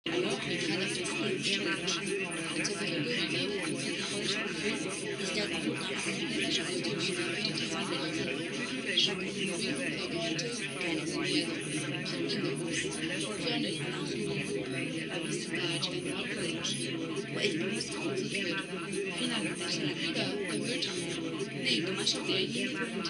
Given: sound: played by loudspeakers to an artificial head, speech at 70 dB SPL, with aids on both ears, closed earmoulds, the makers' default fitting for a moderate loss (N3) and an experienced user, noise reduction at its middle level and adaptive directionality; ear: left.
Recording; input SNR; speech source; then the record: speech test signal (ISTS) in cocktail-party noise; -6 dB; on the right (90 degrees)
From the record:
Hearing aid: class 2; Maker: B